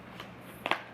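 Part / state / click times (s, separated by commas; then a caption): wearable breast pump unit onto its flange/bra position / seated / 0.7 s. A Willow Pump 2.0 wearable breast pump is lined up over the nipple and its magnet pulls the unit into position on its flange/bra position. After a faint soft tick around 0.2 s, two sharp clicks land close together at 0.7 s and 0.7 s. The pump is confirmed seated, clicked into place.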